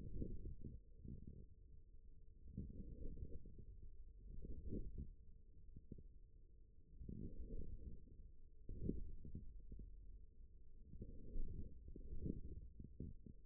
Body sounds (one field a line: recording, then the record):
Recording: forearm muscle sounds (acoustic myography)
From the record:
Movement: forearm supination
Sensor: system 1, eight BSWA MPA416 microphones around the upper forearm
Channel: 7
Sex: male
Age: 41 years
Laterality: right